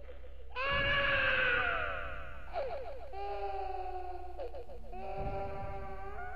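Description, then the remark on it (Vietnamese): A woman, the story character Cô Thao, screams in terror, one long, loud, shrill wail that wavers in pitch, followed by several shorter strained cries with no words. “Cô Thao hét lên kinh hãi.”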